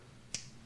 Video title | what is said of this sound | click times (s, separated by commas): Feedback Sports Range Click Torque Wrench Kit Review - feat. 2-14 Nm + TPU Fold Up Case + 13 Bits | actually holds it in place with this nice little click as it | 0.3 s